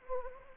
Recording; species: mosquito wingbeat signal from an infrared sensor; Anopheles gambiae